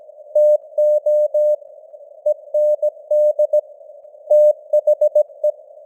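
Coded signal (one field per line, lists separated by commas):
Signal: Morse code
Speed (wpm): 17 wpm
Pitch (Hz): 600 Hz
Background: none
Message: TO END THE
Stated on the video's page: Simulated news headlines in Morse at 17 wpm with simulated radio noise and varying signal strength (QSB).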